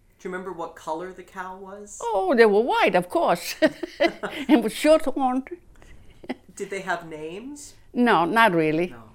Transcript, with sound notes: Do you remember what color the cow was?
Oh, they were white, of course. ( she laughs ) And with short horns.
Did they have names?
No, not really.